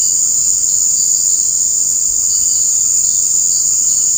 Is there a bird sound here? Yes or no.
no